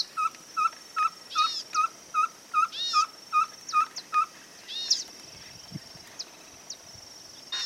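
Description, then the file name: Ferruginous pygmy owl repeating a mellow whistled note in a rapid steady series for about four seconds, then stopping; other birds chirp and a high insect drone continues. "Cabure-Chico Voz"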